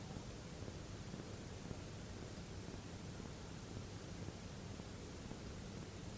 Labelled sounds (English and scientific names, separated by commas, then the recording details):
none
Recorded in France